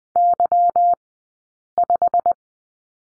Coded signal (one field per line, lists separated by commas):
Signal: Morse code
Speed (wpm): 19 wpm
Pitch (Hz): 700 Hz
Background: none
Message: Y5